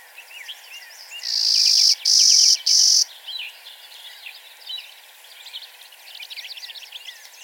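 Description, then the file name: Clay-colored sparrow singing three dry, even buzzes in quick succession, followed by faint twittering. "Spizella pallida - Clay-colored Sparrow"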